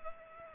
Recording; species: mosquito wingbeat signal from an infrared sensor; Culex pipiens